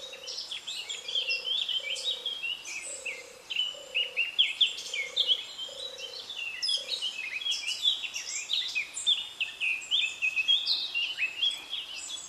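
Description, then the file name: Eurasian blackcap song, continuous busy warbling of sharp high notes, accompanied early on by regular low pulsing notes that stop partway through. "Sylvia atricapilla"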